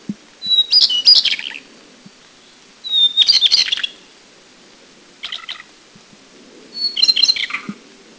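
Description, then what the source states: Taiwan shortwing singing four phrases, most a high pure whistle running into a hurried, tumbling warble, separated by short pauses. Recorded at Anmashan, Taiwan, in April 2010.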